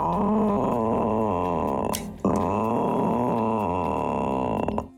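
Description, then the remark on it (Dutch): A 21-year-old man, the winner among several entrants, imitates a rutting red deer's roar: a long, loud, guttural bellow with a wavering low pitch, broken by a brief pause before a second sustained roar that trails off. “Maar goed, ja, het zijn dan de bronstige herten.”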